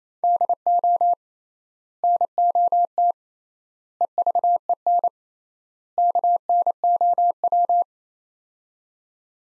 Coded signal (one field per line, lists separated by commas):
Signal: Morse code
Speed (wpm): 28 wpm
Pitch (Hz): 700 Hz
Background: none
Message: DO NOT EVEN KNOW